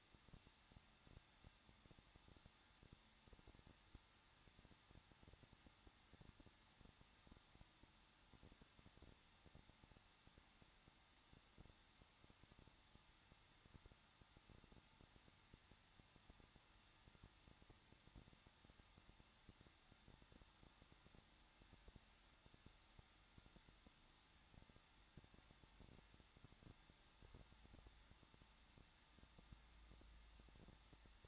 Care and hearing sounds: daily activity, microphone in the room; no activity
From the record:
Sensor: 3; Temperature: 21.2 degrees Celsius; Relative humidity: 36.4%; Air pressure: 1006.3 hPa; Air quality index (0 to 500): 222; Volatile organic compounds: 42 ppm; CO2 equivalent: 3175 ppm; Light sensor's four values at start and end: 2/3/2/2 and 2/3/2/2

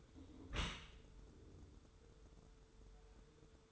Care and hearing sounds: daily activity, microphone in the room; close dishwasher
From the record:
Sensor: 3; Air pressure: 1014.9 hPa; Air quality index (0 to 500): 29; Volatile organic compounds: 1 ppm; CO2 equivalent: 524 ppm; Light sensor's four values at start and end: 11/26/11/10 and 11/26/11/10

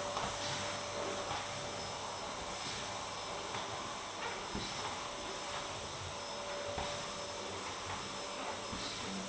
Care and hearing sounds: daily activity, microphone in the room; vacuum cleaning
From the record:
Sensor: 3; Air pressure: 1011.9 hPa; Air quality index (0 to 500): 236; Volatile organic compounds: 5 ppm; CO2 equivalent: 1750 ppm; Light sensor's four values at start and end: 11/26/10/11 and 11/27/11/11

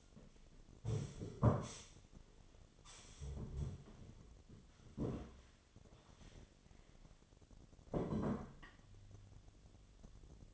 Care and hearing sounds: daily activity, microphone in the room; stand up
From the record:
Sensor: 4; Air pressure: 1008.8 hPa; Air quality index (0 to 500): 171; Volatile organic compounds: 5 ppm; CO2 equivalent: 1720 ppm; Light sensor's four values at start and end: 23/73/28/26 and 23/73/28/26

